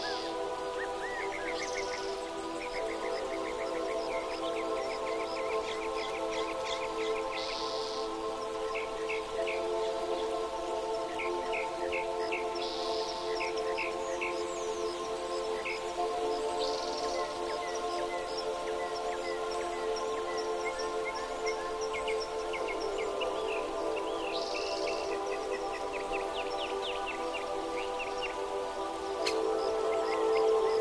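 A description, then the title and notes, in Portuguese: Relaxing music with forest sounds: sustained, steady mid-range tones hold throughout, layered with frequent bright bird chirps and trills that recur every few seconds. Beneath it runs a soft, even wash like a stream, with a slight swell near the end. Música muito relaxante com som de riacho, pássaros, bambus e sons da floresta.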